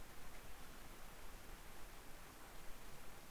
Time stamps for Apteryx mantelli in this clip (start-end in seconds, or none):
none